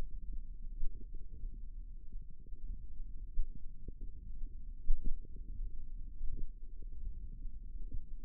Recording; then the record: forearm muscle sounds (acoustic myography)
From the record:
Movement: finger pinch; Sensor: system 1, eight BSWA MPA416 microphones around the upper forearm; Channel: 8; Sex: female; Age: 22 years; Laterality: right